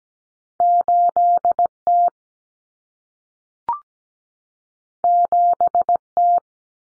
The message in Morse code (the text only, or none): 8T 7T